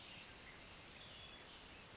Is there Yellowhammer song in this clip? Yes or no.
no